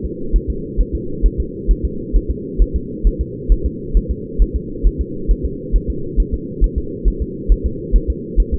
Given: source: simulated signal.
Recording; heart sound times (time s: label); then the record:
fetal heart sounds
0.05 s: S2
0.36 s: S1
0.50 s: S2
0.81 s: S1
0.95 s: S2
1.26 s: S1
1.40 s: S2
1.71 s: S1
1.85 s: S2
2.16 s: S1
2.31 s: S2
2.62 s: S1
2.76 s: S2
3.07 s: S1
3.21 s: S2
3.52 s: S1
3.66 s: S2
3.97 s: S1
4.11 s: S2
4.42 s: S1
4.56 s: S2
4.87 s: S1
5.01 s: S2
5.31 s: S1
5.45 s: S2
5.76 s: S1
5.90 s: S2
6.20 s: S1
6.34 s: S2
6.64 s: S1
6.78 s: S2
7.08 s: S1
7.22 s: S2
7.52 s: S1
7.66 s: S2
7.96 s: S1
8.10 s: S2
8.40 s: S1
8.54 s: S2
From the record:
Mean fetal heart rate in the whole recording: 135 bpm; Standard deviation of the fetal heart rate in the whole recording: 3 bpm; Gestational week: 36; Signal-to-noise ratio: -4.3 dB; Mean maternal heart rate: 72 bpm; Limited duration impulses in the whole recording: present